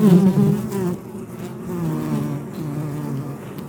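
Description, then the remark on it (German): A honeybee colony of worker bees hums steadily at the hive on a warm summer day, a dense, low buzzing drone with a slight wavering pitch, fairly calm and even throughout, with no voices. “Aber der hat offensichtlich die Brutwaben ganz unten und deshalb ist er auch ganz friedlich, weil er hier heroben nur die Arbeiterinnen hat und praktisch keine Wächterinnen und keine stechenden Bienen da vertreten sind.”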